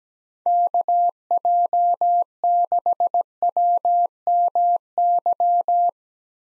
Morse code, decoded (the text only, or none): KJ6WMY